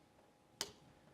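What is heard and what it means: Paper pins are pushed one after the other into the chin rest of an ophthalmic biometer, over a quiet background. A sharp, bright click sounds at 0.6 s as the pins click into place in the chin rest, seated.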